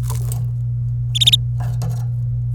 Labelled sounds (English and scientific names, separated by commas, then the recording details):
Domestic Canary (Serinus canaria) song
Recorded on 26 April 2018 at 16:37
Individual llb3